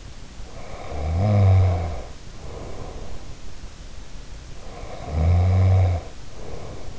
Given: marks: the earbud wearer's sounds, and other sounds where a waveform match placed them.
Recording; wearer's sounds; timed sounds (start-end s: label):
sounds in sleep by an in-ear microphone; snoring breath
0.46-3.19 s: snoring breath
4.66-6.99 s: snoring breath